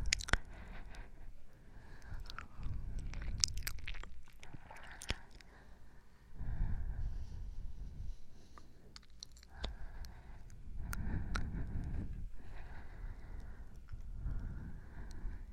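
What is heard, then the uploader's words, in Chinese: Slow breathing in long, soft rushing swells, one roughly every four seconds, each rising and falling with low airy weight. Sharp little clicks and wet mouth crackles pop up between and over the breaths. 呼吸声。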